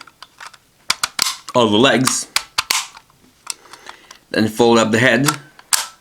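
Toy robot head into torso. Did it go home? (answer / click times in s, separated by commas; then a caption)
yes / 5.7 s. The head of a plastic Samurai Gattai DX Shinken-Oh combining robot toy is folded up and pushed home into the torso after its legs are folded back in, with a series of sharp plastic clicks and snaps while someone talks. A sharp, loud click at 5.7 s marks the head locking in place.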